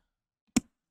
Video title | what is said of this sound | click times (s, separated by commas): I'm Super Exited for this Rare Unboxing the Rocinante XL by Eaglemoss! | can hear it clicking right there | 0.6 s